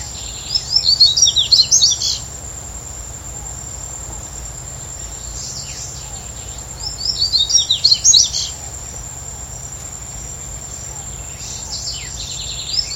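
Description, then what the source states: Yellow-bellied seedeater song: phrases of quick, high chattering notes spaced a few seconds apart, with a constant shrill insect tone behind. Recorded at Comandatuba, Bahia, Brazil, on 31 January 2013.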